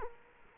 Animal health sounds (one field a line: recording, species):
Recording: mosquito wingbeat signal from an infrared sensor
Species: Culex quinquefasciatus